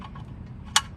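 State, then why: Seated. A steel magnetic oil drain plug is turned backwards in the engine oil pan thread, to avoid cross-threading, until the thread start drops in. Over a low background rumble and a faint tick near 0.2 s, a sharp, bright click sounds at 0.8 s. The plug's thread has engaged and it is seated, ready to be tightened.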